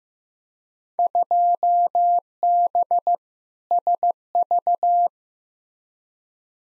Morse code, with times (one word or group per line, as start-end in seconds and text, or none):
1.0-3.2 2B
3.7-5.1 SV